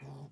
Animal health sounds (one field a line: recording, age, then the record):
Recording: pig call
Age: piglet (1 to 25 days)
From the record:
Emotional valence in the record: negative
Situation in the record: short isolation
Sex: female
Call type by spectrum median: low-frequency call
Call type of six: low-frequency modulated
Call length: 0.32 s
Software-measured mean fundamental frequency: 47 Hz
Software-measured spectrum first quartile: 142 Hz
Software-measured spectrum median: 255 Hz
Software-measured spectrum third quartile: 809 Hz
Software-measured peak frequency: 140 Hz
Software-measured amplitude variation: 86 dB a second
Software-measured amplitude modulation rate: 23.4 a second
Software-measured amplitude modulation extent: 3.7 dB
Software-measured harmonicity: -0.8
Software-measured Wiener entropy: -0.68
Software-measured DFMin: 703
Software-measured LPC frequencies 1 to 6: 736, 2414, 3490, 4583, 5382, 6518 Hz